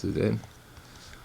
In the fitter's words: i don't know if it's it was not seated did you see that the camera the sd card jumped out